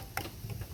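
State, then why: Not seated. The plastic spool head cap of a DEWALT string trimmer is pressed with some force onto the trimmer head, its two downward tabs lined up sideways from the holes. Faint handling noise carries a brief light tick near 0.2 s and low rumbling after. Nothing has seated or clicked into place yet.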